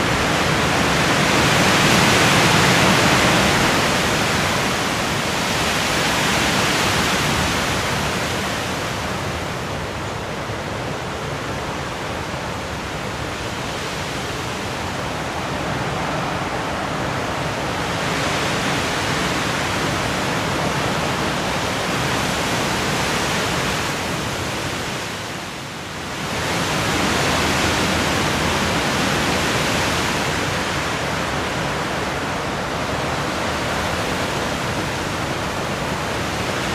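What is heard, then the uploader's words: Strong wind roars steadily and densely, filling everything from low rumble to bright hiss. Its force swells and eases in slow gusts every few seconds, with a brief lull near the 26-second mark before it surges back just as hard. Strong Wind. Wind & Storm.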